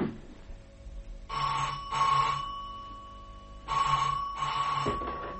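A telephone rings in two double bursts, each pair of bright, metallic trills followed by a pause, with a low hum running underneath. No one speaks.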